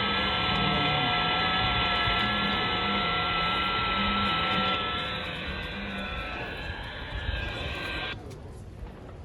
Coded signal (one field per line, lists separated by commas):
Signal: FT8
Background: speech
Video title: Lamakaan Annual Radio Convention #6 - Field Operations Rig: VU2UCR/VU2TLI